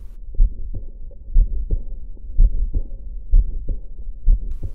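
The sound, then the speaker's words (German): Heart murmur heard through a stethoscope: low, thudding beats repeating about once a second, with a soft whooshing murmur filling the gaps between them. No voices. “Das macht praktisch ja, und dieses Fauchen, das müssen Sie dann mit Konzentration hören und dann hören Sie es aber auch.”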